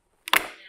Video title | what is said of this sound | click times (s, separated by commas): The Perfect Vacuum, Riccar Supralite Upright - vacuumcleanermarket.com | and you are going to hear a clicking sound | 0.3 s